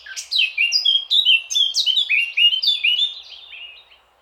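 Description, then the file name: Eurasian blackcap song: a rapid run of clear, fluty whistled notes, many slurring downward, the phrase fading out near the end. "Sylvia atricapilla"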